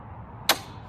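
The folding seat of a Paiseec D3 travel mobility scooter is raised and pushed back until the seat latch locks upright on the scooter frame. A single sharp, bright click is heard at 0.5 seconds over a quiet low background. The seat latches into place.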